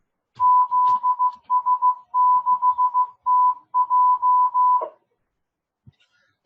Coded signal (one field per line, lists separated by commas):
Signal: Morse code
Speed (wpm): 15 wpm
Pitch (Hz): 1000 Hz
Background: none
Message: ZS6TJ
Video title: Ep 011 2019 08 25 ECRN Weekly Net Safety and Privacy and Non Licenced Radios